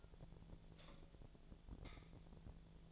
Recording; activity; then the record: daily activity, microphone in the room; light off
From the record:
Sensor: 5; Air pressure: 1009.9 hPa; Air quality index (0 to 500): 160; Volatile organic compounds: 4 ppm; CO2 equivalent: 1557 ppm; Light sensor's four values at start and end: 184/467/194/209 and 183/464/193/207